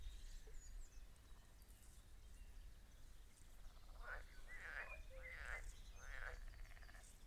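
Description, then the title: Frogs croaking in a chorus of short bursts, mostly in the second half, over a steady low rumble. Frog concert at Schloss Tornow. "Schloss Tornow Froschkonzert mit Kuckuck"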